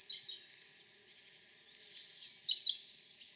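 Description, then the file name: Great tit calls, a few high chirps at the start, then a brighter cluster of sharp, thin notes after two seconds. "Parus major"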